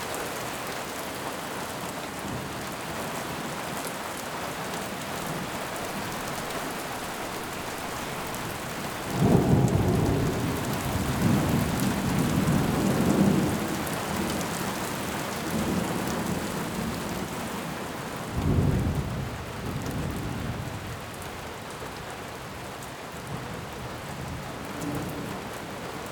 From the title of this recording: Soaking Wet Storm Ambience